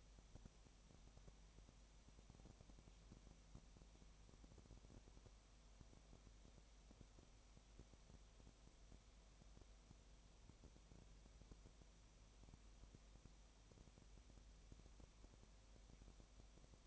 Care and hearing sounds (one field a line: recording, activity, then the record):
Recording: daily activity, microphone in the room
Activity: no activity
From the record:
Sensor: 1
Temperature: 19.7 degrees Celsius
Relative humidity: 37.1%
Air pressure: 1007.2 hPa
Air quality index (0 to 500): 145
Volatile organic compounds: 5 ppm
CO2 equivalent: 1764 ppm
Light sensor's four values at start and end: 1/2/1/1 and 1/2/1/1